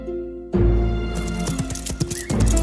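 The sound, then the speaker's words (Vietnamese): Horse hooves gallop in a quick, steady clopping rhythm as a rider travels on horseback into a forest, starting abruptly after a moment of sustained musical tones, which continue underneath the hoofbeats. “Hoàng tử lên đường vào rừng đi tìm hang thỏ. Chàng cưỡi ngựa cả chặng đường dài”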